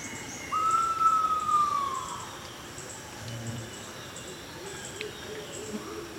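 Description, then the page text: Pheasant pigeon call: one drawn-out clear whistle, gently arching and then falling away, lasting about one and a half seconds, over a faint high insect drone. "Niels Krabbe - Фазановый голубь (Otidiphaps nobilis)"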